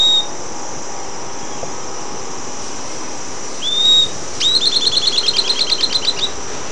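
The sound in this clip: A bird gives a short rising whistle, then a fast run of many bright, even notes lasting nearly two seconds, over constant background hiss.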